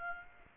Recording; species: mosquito wingbeat signal from an infrared sensor; Aedes aegypti